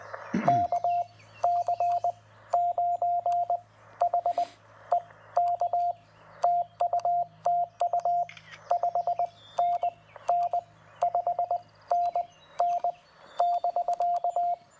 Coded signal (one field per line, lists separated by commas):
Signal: Morse code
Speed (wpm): 17 wpm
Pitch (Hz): 700 Hz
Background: radio noise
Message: KC9HEK TU TU 5NN 5NN <BK>